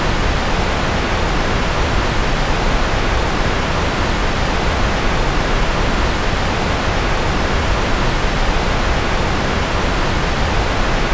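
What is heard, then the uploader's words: White noise plays as a steady, dense hiss that never changes in level or character across the whole clip. It fills everything from a soft low rumble up to a bright airy top, with no separate events or background sounds. White Noise for Holiday Travel.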